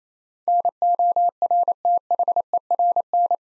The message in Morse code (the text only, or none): NORTHERN